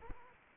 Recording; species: mosquito wingbeat signal from an infrared sensor; Anopheles arabiensis